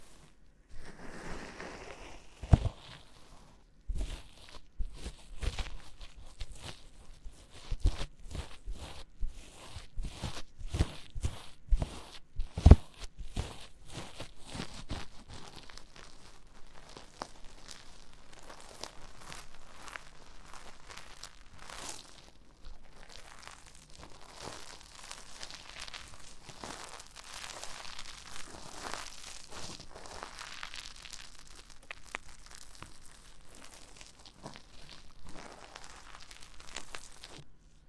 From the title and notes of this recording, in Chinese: 多種手套的摩擦觸發音。NO Talking。